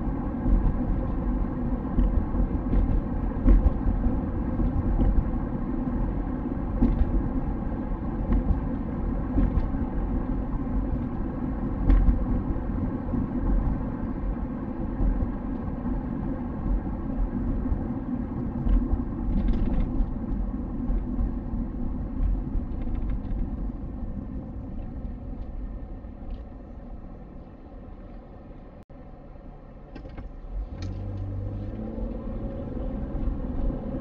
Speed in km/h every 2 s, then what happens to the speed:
59, 59, 59, 59, 57, 56, 54, 52, 44, 36, 29, 18, 8, 0, 1, 22, 38.
0-14 steady at about 57. 14-25 brakes to 0. 25-28 standing. 28-34 pulls away to 38.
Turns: none.